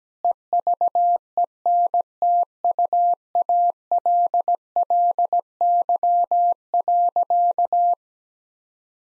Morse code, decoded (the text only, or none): EVENTUALLY.